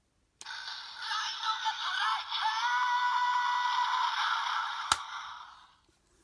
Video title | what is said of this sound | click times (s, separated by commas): Kamen Rider Saber DX Gatrike Phone Review | there you go you have that kind of transformation sound there when you go and just fold that in half it clicks into place as you can see there | 4.9 s